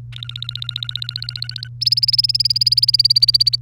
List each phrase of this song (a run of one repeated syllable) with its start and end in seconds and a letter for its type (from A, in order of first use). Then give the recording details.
0.12-1.68 A, 1.81-3.56 B. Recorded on 1 May 2018 at 14:46. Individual llb3